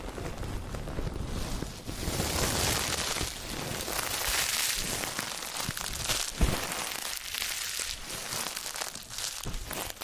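Ear cleaning and massage sounds: a dense, continuous crackly rustling, like something rubbing and crinkling over the ear, with a bright hiss on top. The rubbing swells strongest between about two and five seconds, a sharp click lands near six and a half seconds, and it softens afterward.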